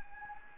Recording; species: mosquito wingbeat signal from an infrared sensor; Anopheles gambiae